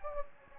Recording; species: mosquito wingbeat signal from an infrared sensor; Anopheles gambiae